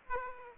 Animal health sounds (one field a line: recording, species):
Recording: mosquito wingbeat signal from an infrared sensor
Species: Aedes aegypti